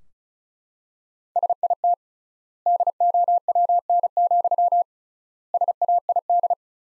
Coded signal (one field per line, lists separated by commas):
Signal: Morse code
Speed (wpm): 36 wpm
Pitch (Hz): 700 Hz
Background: none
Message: SIT DOWN, SAID